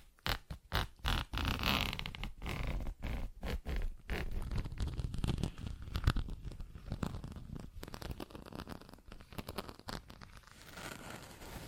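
Tapping, scratching and zipper sounds in quick irregular bursts, rough crinkly rasps crowding the first half, then lighter steady scratching with scattered taps.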